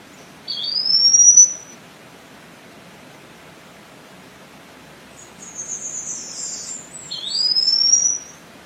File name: Canto do dancarino olivaceo